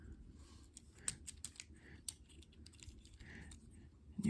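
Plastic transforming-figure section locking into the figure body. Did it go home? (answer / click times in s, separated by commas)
no / none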